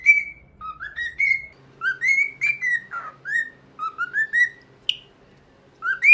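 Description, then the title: Cockatiel whistled song: clear rising and falling whistles in short phrases, some sliding upward, repeated throughout with brief pauses between notes. Song for training a pet cockatiel. "Canto De 1 Hora Para Treinar Calopsita"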